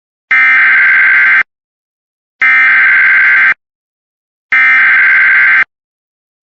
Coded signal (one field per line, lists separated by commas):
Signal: Emergency Alert System (SAME) tones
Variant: header bursts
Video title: EAS Recreation: Pigeon Trouble